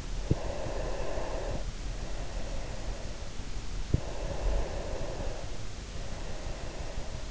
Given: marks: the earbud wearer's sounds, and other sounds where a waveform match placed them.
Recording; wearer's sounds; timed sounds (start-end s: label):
sounds in sleep by an in-ear microphone; breath
0.17-3.61 s: breath
3.87-7.31 s: breath